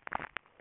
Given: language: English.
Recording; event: throat vibration sensor signal played as sound; swallow